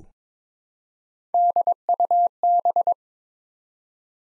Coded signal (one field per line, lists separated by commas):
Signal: Morse code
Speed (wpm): 22 wpm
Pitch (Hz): 700 Hz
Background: none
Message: DUB